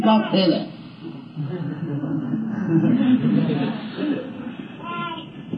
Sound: laughter